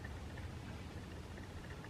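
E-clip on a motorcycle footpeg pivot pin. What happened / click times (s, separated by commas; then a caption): The clip is being handled but has not snapped home yet / none. A steel E-clip is squeezed with pliers onto the groove of the pivot pin of a Warp9 supermoto footpeg on a Sur Ron Light Bee, with a washer behind it. A steady low rumble and hiss fill the clip, with faint ticks near 0.1 s and 0.4 s. Nothing has seated or clicked yet.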